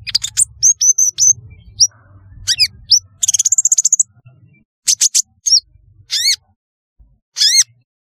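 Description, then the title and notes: Sunbird chirping: very high, thin chirps and squeaky notes in short bursts, a rapid ticking trill near the middle, over a faint low rumble. "Kicau Burung Kolibri"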